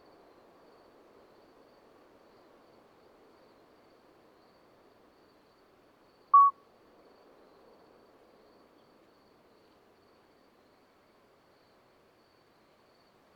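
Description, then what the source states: Common midwife toad giving one short, clear piping note midway through a long stretch of faint, steady background hiss. Two calling toads at Lesches-en-Diois, 13 May 2020, at night after two days of rain with dripping vegetation, singing until daybreak; recorded on Nagra Seven with MKH40 microphone.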